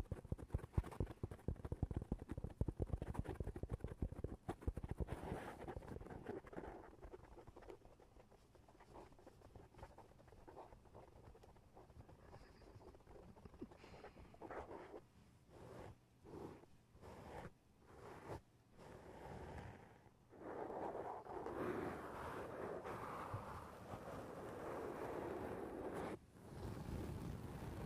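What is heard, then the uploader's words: Tapping on a foam roof: dense, rapid patter for the first six seconds, then softer scattered taps, with a louder rushing stretch near the end. Tapping on the roof of your foam house.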